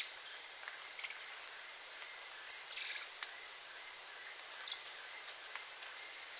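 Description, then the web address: Saddleback tamarin calls: thin, very high whistles that sweep up and down, given in short scattered bursts over a faint steady background hiss. Primate recorded in South American rainforest. "Natures Songs S America Primates of the Rainforest Saddleback tamarin"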